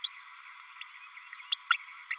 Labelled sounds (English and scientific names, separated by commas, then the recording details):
Green-rumped Parrotlet (Forpus passerinus) babbling
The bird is a male
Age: 30 days
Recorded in a nest box in Venezuela
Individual 17B32A6